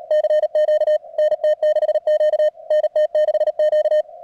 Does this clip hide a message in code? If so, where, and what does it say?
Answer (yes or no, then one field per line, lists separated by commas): yes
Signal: Morse code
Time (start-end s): 0.1-4.0 s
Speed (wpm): 38 wpm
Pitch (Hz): 620 Hz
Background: none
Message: CQ NT6Q NT6Q